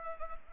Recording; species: mosquito wingbeat signal from an infrared sensor; Anopheles gambiae